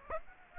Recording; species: mosquito wingbeat signal from an infrared sensor; Aedes aegypti